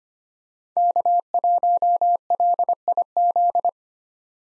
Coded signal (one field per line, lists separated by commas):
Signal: Morse code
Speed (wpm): 25 wpm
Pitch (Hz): 700 Hz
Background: none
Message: K1LIZ